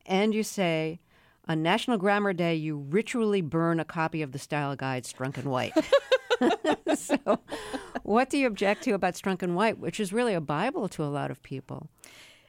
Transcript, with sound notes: And you say on National Grammar Day, you ritually burn a copy of the style guide "Strunk & White."
(LAUGHTER)
So what do you object to about "Strunk & White," which is really a bible to a lot of people?